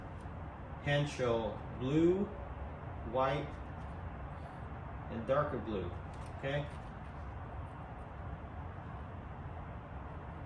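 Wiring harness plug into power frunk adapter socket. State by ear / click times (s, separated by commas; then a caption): not seated / none. A wiring harness plug is handled and lined up with the power frunk adapter socket on a Tesla Model X Plaid while someone talks over steady low background noise. The plug has not seated or clicked yet.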